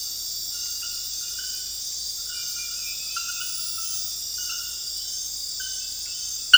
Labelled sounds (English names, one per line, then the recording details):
none
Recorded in secondary vegetation near Puerto Asís, Putumayo, Colombia, on 20 February 2024 at 03:00
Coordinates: 0.481, -76.323
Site G6376